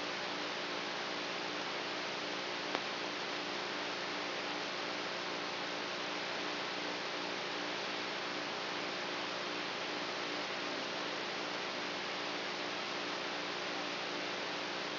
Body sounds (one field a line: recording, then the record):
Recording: brain microelectrode recording played as sound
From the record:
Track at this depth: outside the subthalamic nucleus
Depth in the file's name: 1.206 mm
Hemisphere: right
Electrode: 3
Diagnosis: Parkinson's disease